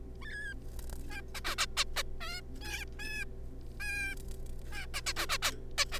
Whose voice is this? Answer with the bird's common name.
Zebra Finch